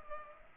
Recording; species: mosquito wingbeat signal from an infrared sensor; Culex pipiens